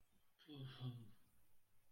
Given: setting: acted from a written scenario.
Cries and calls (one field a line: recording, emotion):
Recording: vocal sound without words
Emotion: guilt